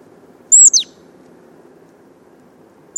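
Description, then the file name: Marsh tit giving a single sharp, high, downslurred two-part call note, with silence after it and another note starting at the end. "Poecile palustris"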